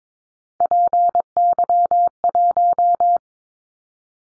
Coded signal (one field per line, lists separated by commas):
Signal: Morse code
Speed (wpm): 22 wpm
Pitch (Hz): 700 Hz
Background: none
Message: PY1